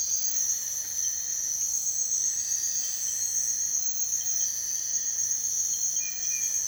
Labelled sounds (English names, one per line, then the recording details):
none
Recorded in dense forest near Puerto Asís, Putumayo, Colombia, on 29 June 2025 at 04:30
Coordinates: 0.468, -76.322
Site GP03